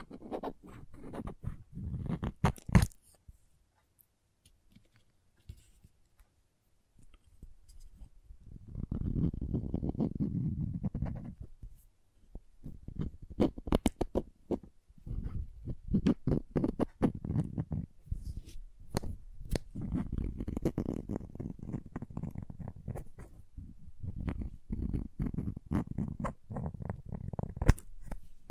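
Crayons tap and scrape in irregular bursts of sharp clicks, with low rough grinding stretches around ten and twenty seconds between quieter pauses.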